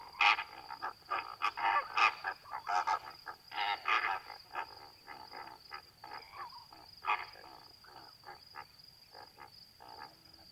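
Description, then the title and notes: Greater flamingo calls, dense goose-like honking and chattering from several birds, loudest in the first half and then thinning to scattered notes, over a constant high-pitched drone. Flock feeding calmly at night while standing in water halfway up their legs, calling occasionally; Étang de Vaccarès, Camargue, 4 September 2020, 23:10, windless night; Nagra Seven recorder with B&K omni microphone. "Etang de Vaccares - Camargue. Flamant rose ( Phoenicopterus ruber )"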